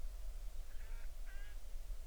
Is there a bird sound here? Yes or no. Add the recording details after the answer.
yes. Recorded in the Arctic National Wildlife Refuge, Alaska, on 20 July 2019 at 02:51. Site 38